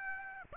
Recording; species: mosquito wingbeat signal from an infrared sensor; Aedes aegypti